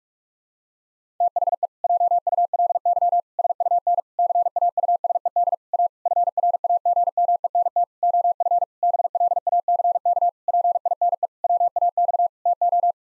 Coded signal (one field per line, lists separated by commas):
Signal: Morse code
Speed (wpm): 46 wpm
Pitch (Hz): 700 Hz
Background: none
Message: THE JULY SUN CAUSED A FRAGMENT OF BLACK PINE WAX TO